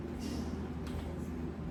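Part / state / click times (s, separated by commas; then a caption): plastic lock on a ring light tripod stand / not seated / none. A plastic lock on a ring light tripod stand is handled during assembly, with soft rustling and brief higher-frequency scrapes over a steady low hum. Nothing has seated or clicked yet; the clip ends just before the lock goes home into its locked position.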